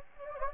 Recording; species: mosquito wingbeat signal from an infrared sensor; Anopheles gambiae